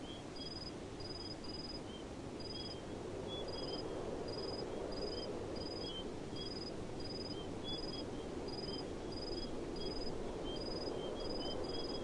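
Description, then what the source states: Crickets chirping with brief pulsed bursts in an irregular quick series, a softer second chirping insect below, over steady low background noise. Crickets chirping in a desert.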